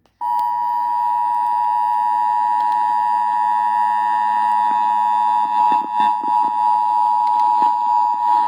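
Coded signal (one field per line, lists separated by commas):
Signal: Emergency Alert System (SAME) tones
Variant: 853 and 960 Hz attention tone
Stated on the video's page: Real severe thunderstorm warning EAS on KSCS 96.3 FM HD1, received on an Insignia NS-HDRAD2 HD Radio in a fringe area.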